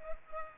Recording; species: mosquito wingbeat signal from an infrared sensor; Culex pipiens